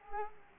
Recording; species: mosquito wingbeat signal from an infrared sensor; Culex quinquefasciatus